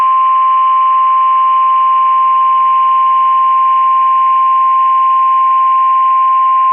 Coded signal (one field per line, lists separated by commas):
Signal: Emergency Alert System (SAME) tones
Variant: 1050 Hz attention tone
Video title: ANOTHER MDT DAY IN TEXAS! EAS Alerts from 5/17/2021 (EAS #302-324)